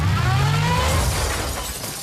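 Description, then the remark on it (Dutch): A car engine's low hum gives way to a loud crash with shattering glass and clattering debris as a new car, still in reverse gear, backs into something; the noisy impact tapers off over about two seconds. “Oh, ja, hij stond nog eens achteruit. Dat is niet zo slim.”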